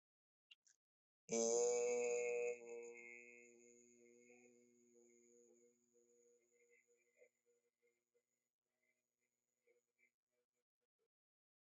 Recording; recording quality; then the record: sustained vowel as in made; excellent, no background noise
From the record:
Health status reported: healthy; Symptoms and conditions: none ticked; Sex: male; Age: 29 years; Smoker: not ticked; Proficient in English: yes